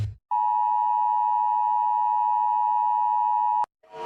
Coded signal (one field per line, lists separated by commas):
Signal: Emergency Alert System (SAME) tones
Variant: 853 and 960 Hz attention tone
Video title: EAS Alarms Part 1